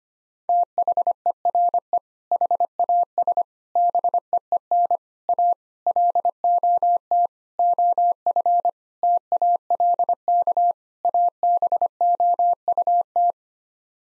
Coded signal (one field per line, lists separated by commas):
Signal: Morse code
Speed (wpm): 25 wpm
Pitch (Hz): 700 Hz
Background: none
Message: THERE HAS BEEN A LOT OF TALK ABOUT